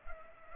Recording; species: mosquito wingbeat signal from an infrared sensor; Culex pipiens